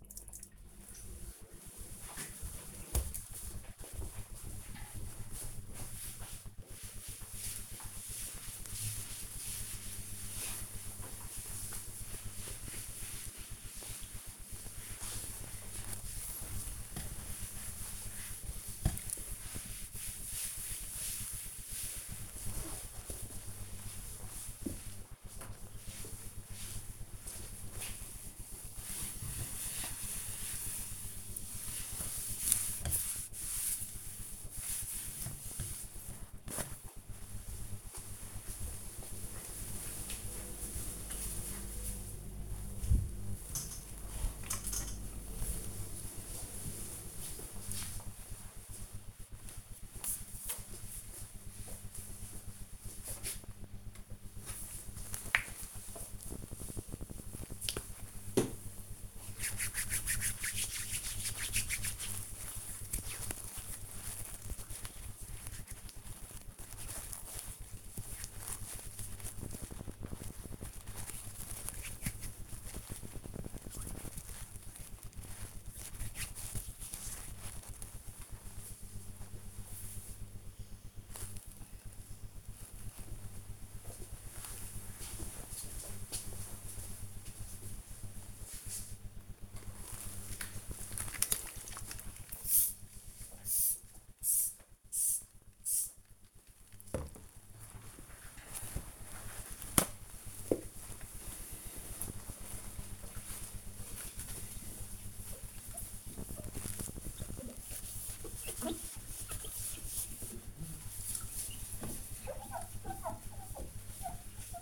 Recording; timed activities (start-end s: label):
household activities, microphone on the right wrist
0.00-36.25 s: cleaning table
53.34-77.46 s: cream hands
89.52-114.62 s: window cleaning